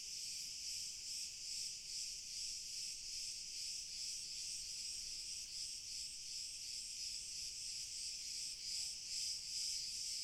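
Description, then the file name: Crickets in chorus, a dense high shimmering trill that pulses rapidly and continuously, with no other sounds. Pure cricket chorus, slowly building in intensity. "Grillen Chor Pur Steigerung Langsam"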